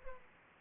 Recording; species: mosquito wingbeat signal from an infrared sensor; Aedes aegypti